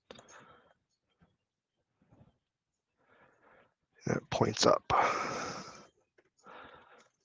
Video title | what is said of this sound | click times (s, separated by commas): Building #11 - Monkey King Warrior Mech part 2 | It clips in. | 0.1 s